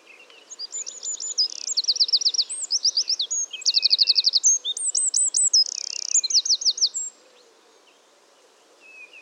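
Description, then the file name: Eurasian wren delivering an energetic high-pitched song of rapid repeated trills for about seven seconds, followed by quiet with faint notes and a low background hum. "Troglodytes troglodytes"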